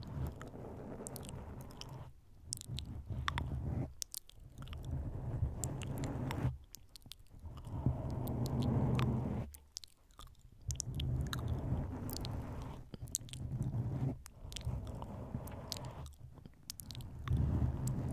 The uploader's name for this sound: Intense Mouth Sounds For Relaxation Mic Nibbling, Kisses, Inaudible Whispers